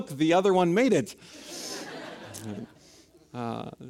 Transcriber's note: laughter